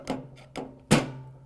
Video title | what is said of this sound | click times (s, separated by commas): 08 vts bb 7229 b3 brake drum disassembly | You hear it snap into place. That's great. | 0.6 s